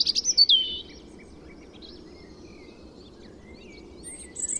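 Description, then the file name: European robin song: one brief high, warbling phrase at the start, followed by quiet with faint soft chirps and a thin note at the end. "Erithacus rubecula"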